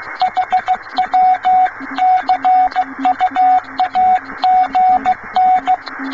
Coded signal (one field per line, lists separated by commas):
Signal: Morse code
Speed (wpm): 15 wpm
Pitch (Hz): 740 Hz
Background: radio noise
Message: HW CU AGN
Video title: YE90PK - PI90PCG Morse Code Communication, Repeating 1923 Radio Malabar - Radio Kootwijk Part 2 of 2